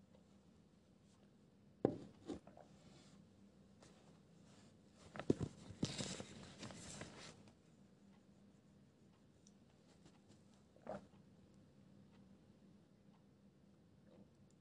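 Quiet pencil sounds with a low steady hum underneath. A sharp tap near two seconds, then a burst of scratchy scribbling and rustling from about five to seven and a half seconds. A single soft knock comes near eleven seconds, with faint ticks scattered between.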